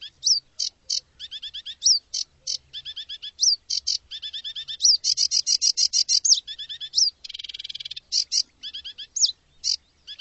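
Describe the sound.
Bird calling busily, sharp high chirps mixed with upslurred whistled notes and a brief buzzy rattle near the end, the notes tumbling quickly one after another.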